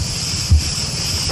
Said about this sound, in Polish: Cisza, spokój i cykady tylko. Tak. Cykady będą nam dzisiaj towarzyszyć. Ładnych parę godzin.